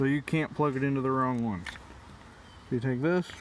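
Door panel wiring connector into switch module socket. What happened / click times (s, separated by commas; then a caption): The connector is being handled and has not clicked in yet / none. A green wiring harness connector is handled near its keyed socket on the switch assembly of a 2003 Ford F-250's door panel while someone talks over a quiet background. Nothing has seated or clicked yet.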